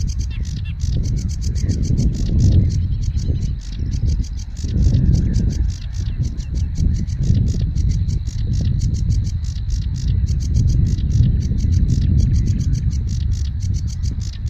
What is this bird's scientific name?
Acrocephalus schoenobaenus